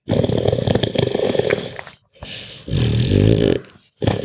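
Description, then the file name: Pug giving a long raspy snorting breath, then a low rumbling growl-like grunt, with brief pauses between bursts. Grunts, breaths and snarls. "Pug Dog Grunts Breaths Snarls"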